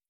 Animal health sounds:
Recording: hydrophone in a shrimp aquaculture tank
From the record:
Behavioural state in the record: feeding

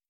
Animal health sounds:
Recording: hydrophone in a shrimp aquaculture tank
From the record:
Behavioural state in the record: starved

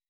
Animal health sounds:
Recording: hydrophone in a shrimp aquaculture tank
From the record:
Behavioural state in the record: weakened

